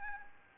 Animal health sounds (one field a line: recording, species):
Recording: mosquito wingbeat signal from an infrared sensor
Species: Anopheles gambiae